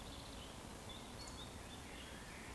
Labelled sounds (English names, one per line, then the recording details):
Eurasian Woodcock whistle
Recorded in Baden-Württemberg, Germany, on 12 June 2020 at 20:02 UTC
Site 14569, 102 m above sea level